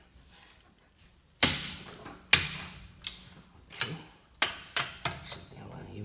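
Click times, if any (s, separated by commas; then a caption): 1.4 s, 2.3 s, 4.4 s. A click-type torque wrench is applied to wheel lug nuts that were never removed and are already at the set torque. It clicks immediately on each one, with sharp clicks at 1.4 s, 2.3 s and 4.4 s among quieter knocks and handling sounds. No one talks.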